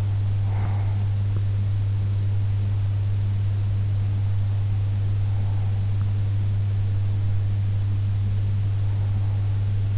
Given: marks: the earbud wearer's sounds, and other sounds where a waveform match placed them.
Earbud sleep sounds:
sounds in sleep by an in-ear microphone; breath
0.00-1.99 s: breath

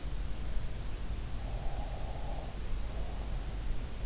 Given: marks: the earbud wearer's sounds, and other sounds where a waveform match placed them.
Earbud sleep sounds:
sounds in sleep by an in-ear microphone; breath
1.48-3.36 s: breath

